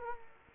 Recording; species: mosquito wingbeat signal from an infrared sensor; Culex quinquefasciatus